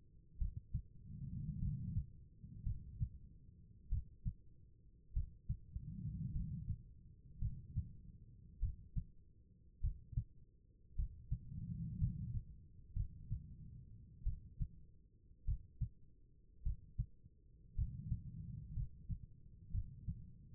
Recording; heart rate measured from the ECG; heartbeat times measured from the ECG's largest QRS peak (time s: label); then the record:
heart sounds by stethoscope; 53 bpm
0.38 s: heartbeat
1.59 s: heartbeat
2.63 s: heartbeat
3.89 s: heartbeat
5.13 s: heartbeat
6.32 s: heartbeat
7.39 s: heartbeat
8.59 s: heartbeat
9.81 s: heartbeat
10.95 s: heartbeat
11.98 s: heartbeat
12.93 s: heartbeat
14.23 s: heartbeat
15.45 s: heartbeat
16.63 s: heartbeat
17.75 s: heartbeat
18.73 s: heartbeat
19.71 s: heartbeat
From the record:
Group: healthy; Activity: cold pressor test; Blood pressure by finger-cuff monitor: 106/66 mmHg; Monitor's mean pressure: 79 mmHg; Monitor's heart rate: 50 bpm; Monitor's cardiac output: 4.3 L/min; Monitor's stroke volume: 85 mL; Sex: female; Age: 36 years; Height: 163 cm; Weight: 88 kg